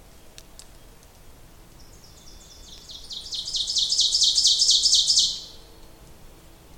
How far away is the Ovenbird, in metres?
about 10 m